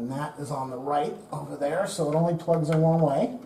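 A keyed wiring harness plug is handled at the back of a plastic hardwired First Alert BRK3120B dual sensor smoke detector while someone talks throughout. Only speech is heard, with no sharp hit or click. Nothing has seated or clicked yet.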